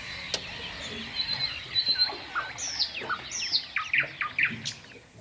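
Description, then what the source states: Common Nightingale song: varied clear whistles and sharp sweeping notes. Several nightingales heard on Møn, Denmark, an important bird area, at summer dawn as birds begin singing when it gets light; nightingale sings all night.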